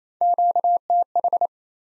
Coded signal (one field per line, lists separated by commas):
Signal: Morse code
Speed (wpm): 28 wpm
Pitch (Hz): 700 Hz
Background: none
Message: QTH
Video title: Top 20 QSO Elements 28wpm